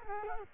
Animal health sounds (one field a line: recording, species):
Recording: mosquito wingbeat signal from an infrared sensor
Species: Culex quinquefasciatus